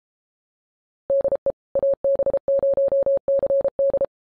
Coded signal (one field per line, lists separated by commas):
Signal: Morse code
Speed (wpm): 33 wpm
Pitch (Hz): 550 Hz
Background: none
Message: DE AB0CD